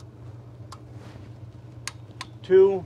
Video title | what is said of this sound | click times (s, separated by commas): Chrysler 3.6L Torque Specification/Sequence | and go ahead and it'll click I've already done this you'll hear it click so you're going to one | 1.9 s